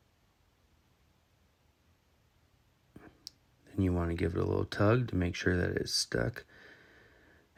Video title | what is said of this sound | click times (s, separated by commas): How to Install the SimPure T1-100ALK Reverse Osmosis System - Full installation tutorial | push it in until you f it firmly click into place | 3.3 s